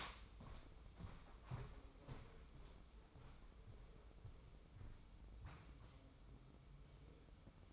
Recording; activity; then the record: daily activity, microphone in the room; walk to room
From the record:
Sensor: 1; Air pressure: 995.6 hPa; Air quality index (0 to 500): 35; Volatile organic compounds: 1 ppm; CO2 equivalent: 608 ppm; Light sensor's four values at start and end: 29/102/39/41 and 30/105/40/42